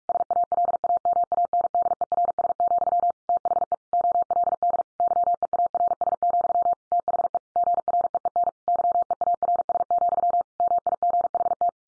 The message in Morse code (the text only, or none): SALAMANDERS, THE OLD YEARS, THE GREEN YEARS, MIGHT